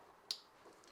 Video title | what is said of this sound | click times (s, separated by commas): Fitting Engine Loom Connect Fuel Lines & More | yep they all make a really nice satisfying click as well so you know they're definitely | 0.3 s